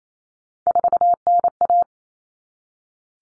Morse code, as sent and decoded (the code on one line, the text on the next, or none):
....- -. .-
4NA